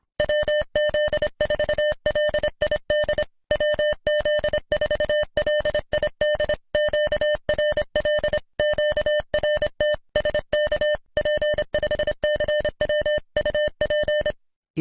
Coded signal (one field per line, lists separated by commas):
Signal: Morse code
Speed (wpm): 25 wpm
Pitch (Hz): 600 Hz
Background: music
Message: WZ4LID WZ4LID QRL QRT SK P5CW UP